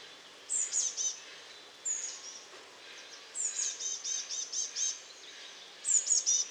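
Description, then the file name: Eurasian blue tit calling: quick series of high, thin descending notes followed by softer trilled notes, repeated in groups every couple of seconds against faint background hiss. "Cyanistes caeruleus"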